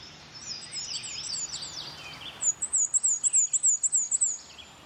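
Bird uttering very high, thin wavering trills, one faint then a louder rapid series, over other faint high chirps and steady background hiss.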